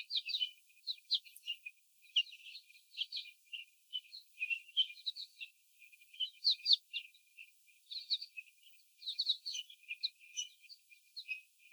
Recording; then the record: young laying hens in a cage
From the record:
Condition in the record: before the stressor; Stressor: sudden umbrella opening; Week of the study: 3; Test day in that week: 2